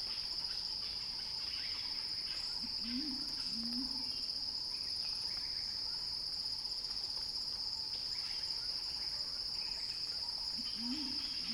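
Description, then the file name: Cicada song, a constant shrill buzzing tone with a softer overtone above it; low two-part calls appear early and again at the very end. Cicada song building in a crescendo, recorded by Axel Drioli for Earth.fm. "earth-fm Axel-Drioli Cicada-Crescendo-Sounding-Wild"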